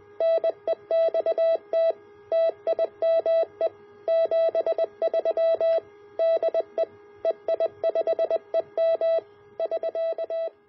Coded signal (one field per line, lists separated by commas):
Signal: Morse code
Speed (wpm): 20 wpm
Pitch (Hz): 660 Hz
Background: none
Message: NEXT TIME 73 DE EI5EM <SK>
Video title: A Homebrew 455 kHz BFO